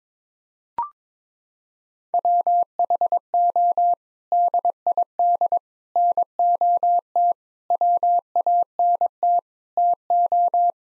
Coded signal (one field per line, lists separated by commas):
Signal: Morse code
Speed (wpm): 22 wpm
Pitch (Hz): 700 Hz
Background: none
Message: WHO DID NOT WANT TO